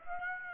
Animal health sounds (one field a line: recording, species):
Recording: mosquito wingbeat signal from an infrared sensor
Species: Aedes aegypti